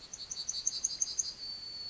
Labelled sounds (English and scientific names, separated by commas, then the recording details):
Yellowhammer (Emberiza citrinella) song
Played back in forest
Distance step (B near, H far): E
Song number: 141